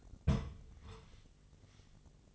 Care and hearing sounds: daily activity, microphone in the room; place on stove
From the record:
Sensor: 4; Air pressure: 1000.1 hPa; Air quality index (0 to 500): 226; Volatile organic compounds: 28 ppm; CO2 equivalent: 2920 ppm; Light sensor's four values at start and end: 9/20/8/8 and 9/20/8/8

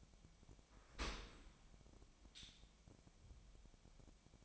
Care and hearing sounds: daily activity, microphone in the room; open dishwasher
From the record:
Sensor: 1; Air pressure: 1006.7 hPa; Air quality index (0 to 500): 209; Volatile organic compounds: 24 ppm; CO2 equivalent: 2814 ppm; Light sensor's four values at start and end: 12/32/12/14 and 12/32/12/14

